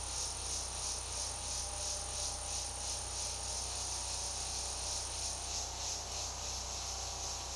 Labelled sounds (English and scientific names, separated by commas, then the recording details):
none
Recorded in secondary vegetation near Puerto Asís, Putumayo, Colombia, on 21 February 2024 at 11:30
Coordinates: 0.489, -76.322
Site G6419